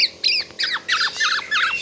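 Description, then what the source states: Black-naped oriole calls: harsh, nasal notes repeated in quick succession, each with a buzzy, ringing quality. Indonesian kepodang described as gacor, singing steadily and at length, 'until exhausted' (sampai teler).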